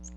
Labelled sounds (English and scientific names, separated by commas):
Magnolia Warbler (Setophaga magnolia) flight call